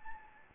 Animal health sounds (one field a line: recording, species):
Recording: mosquito wingbeat signal from an infrared sensor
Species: Anopheles gambiae